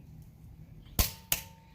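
An EPAuto 1/2-inch click-type torque wrench set to 76 ft-lb tightens a second wheel lug nut over a low, quiet background. Two sharp clicks ring out at 1.0 s and 1.3 s, each with a brief ringing tail, as the wrench reaches its set torque. The nut is done and the pressure is let off.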